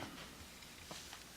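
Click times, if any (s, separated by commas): none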